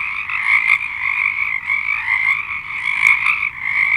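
Chorus of frogs, a thick unbroken mass of trilled croaks rising and falling slightly in volume.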